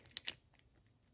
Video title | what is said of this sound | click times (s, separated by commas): World of FNAF: toy animatronic 4 pack review (wave 1) | like it clicks into place. | 0.2 s